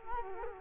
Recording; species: mosquito wingbeat signal from an infrared sensor; Culex quinquefasciatus